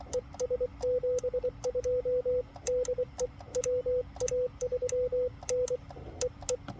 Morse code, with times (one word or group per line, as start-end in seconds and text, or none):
0.1-2.4 ES72
2.7-3.3 DE
3.6-5.8 WA3N
6.2-6.6 EE